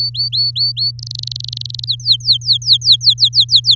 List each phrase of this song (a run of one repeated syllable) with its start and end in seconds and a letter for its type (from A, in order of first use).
0.00-0.91 A, 0.99-1.84 B, 1.87-3.75 C